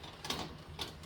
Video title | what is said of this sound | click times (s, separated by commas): PART 1 - HOW TO INSTALL FUJITSU 24RL3 Mini Split Heat Pump Air Conditioning, INDOOR/OUTDOOR unit. | and see snap that's me it's done | 0.2 s, 0.3 s